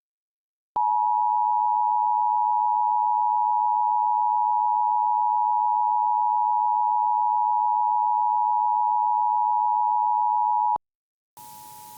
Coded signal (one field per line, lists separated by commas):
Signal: Emergency Alert System (SAME) tones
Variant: 853 and 960 Hz attention tone